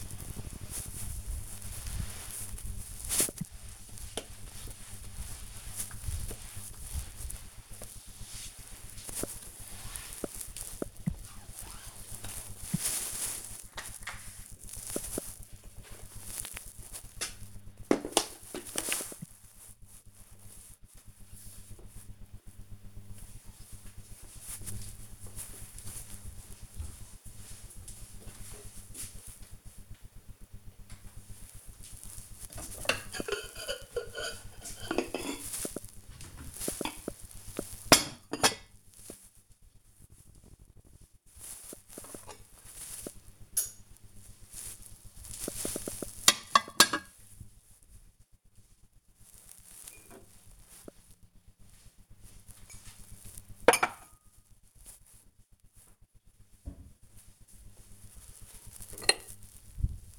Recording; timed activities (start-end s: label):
household activities, microphone on the right wrist
0.00-18.83 s: floor cleaning
29.93-60.19 s: putting away the dishes